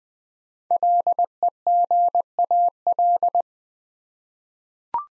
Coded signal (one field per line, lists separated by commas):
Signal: Morse code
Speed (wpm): 20 wpm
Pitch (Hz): 700 Hz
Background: none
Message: LEGAL